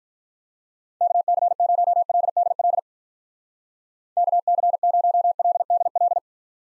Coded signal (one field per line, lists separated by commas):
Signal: Morse code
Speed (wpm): 46 wpm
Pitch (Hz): 700 Hz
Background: none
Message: KC0LDL KC0LDL